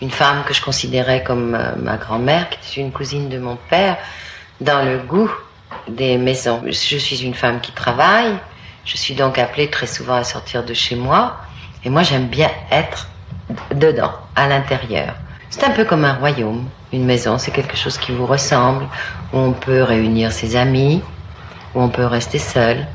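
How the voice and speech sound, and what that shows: Adult woman speaking French in a rough, hoarse voice: a low, husky speaking voice. The roughness is a vocal signature that listeners may find attractive rather than a clinical disorder, and it corresponds to the R criterion of the Hirano GRBAS dysphonia scale.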